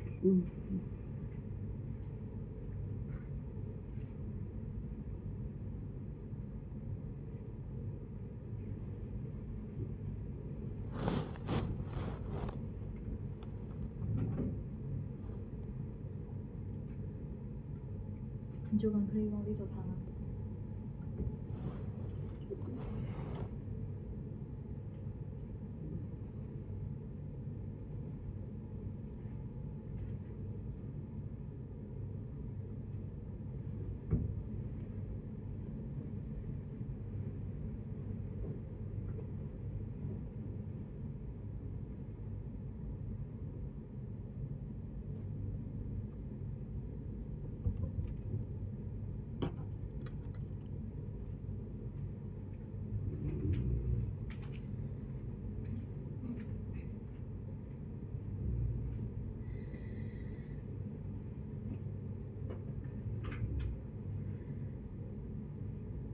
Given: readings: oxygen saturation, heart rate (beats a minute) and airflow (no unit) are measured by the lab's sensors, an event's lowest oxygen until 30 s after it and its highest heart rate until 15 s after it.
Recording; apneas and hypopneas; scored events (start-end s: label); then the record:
a person awake in a sleep study, by a smartphone at the bedside; 1
0.00-54.00 s: awake
26.00-56.30 s: hypopnea (scored as awake, oxygen 98% highest, then 93% lowest, heart rate 76 at the start, 77 highest)
47.00-66.14 s: new sleep stage, N1 (lightest sleep)
From the record:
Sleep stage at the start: awake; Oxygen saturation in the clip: 77 to 98%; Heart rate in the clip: 58 to 78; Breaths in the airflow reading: 14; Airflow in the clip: -12.3 to 14.4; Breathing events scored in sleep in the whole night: 496 in 5.4 hours asleep